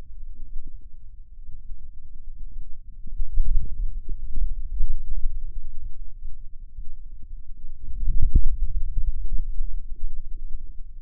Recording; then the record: forearm muscle sounds (acoustic myography)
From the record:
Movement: hand closing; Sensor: system 2, bracelet of six BSWA MPA416 microphones around the upper forearm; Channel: 5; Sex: male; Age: 22 years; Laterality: right